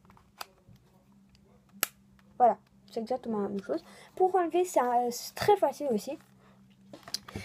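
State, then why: Seated. A left Nintendo Switch handheld controller is slid down the rail on the side of the console until it locks in with a sharp click at 1.8 s, after a few faint clicks and taps. Someone then talks, and more small clicks and taps follow near the end as the controller seats.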